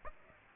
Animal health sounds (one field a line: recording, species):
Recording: mosquito wingbeat signal from an infrared sensor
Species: Aedes aegypti